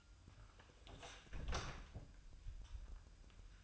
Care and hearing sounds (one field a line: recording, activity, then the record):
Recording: daily activity, microphone in the room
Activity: close door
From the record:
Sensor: 2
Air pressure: 1004.8 hPa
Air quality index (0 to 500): 74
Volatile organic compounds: 1 ppm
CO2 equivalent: 872 ppm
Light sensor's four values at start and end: 7/17/7/7 and 7/17/7/7